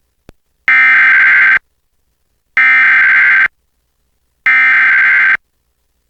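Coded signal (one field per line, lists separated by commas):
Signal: Emergency Alert System (SAME) tones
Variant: header bursts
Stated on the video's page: Real Tornado Warning for Clackamas County, Oregon, issued by the National Weather Service and relayed by a Portland TV station, recorded from its online live stream.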